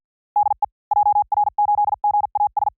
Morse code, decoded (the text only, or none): DE JR8GAS